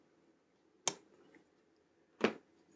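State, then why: Seated. Plastic pieces are pushed into the other side of a 1:2 scale Darth Vader model helmet, and a sharp snap at 0.9 s marks them seating in place. A faint tick follows near 1.4 s, then a second sharp snap at about 2.3 s, in an otherwise quiet background. The result is perfect.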